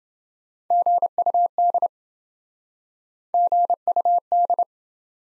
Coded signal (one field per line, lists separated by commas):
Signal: Morse code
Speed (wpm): 26 wpm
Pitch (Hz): 700 Hz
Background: none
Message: GUD GUD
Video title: Top 20 QSO Elements - Speed-Racing - 20wpm